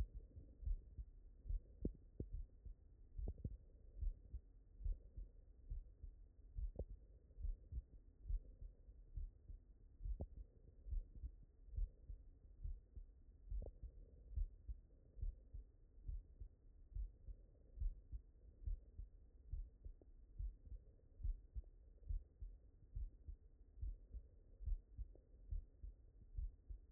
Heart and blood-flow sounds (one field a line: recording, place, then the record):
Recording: heart sounds by stethoscope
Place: mitral valve (MV)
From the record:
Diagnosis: non-HFrEF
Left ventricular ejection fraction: 69%